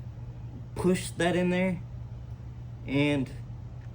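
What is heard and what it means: A cartridge or magazine is handled at the loading gate of a lever-action rifle while someone talks over a steady low hum. The clip ends with a brief sharp sound right at the edge, before the part goes home, and nothing has seated or clicked yet.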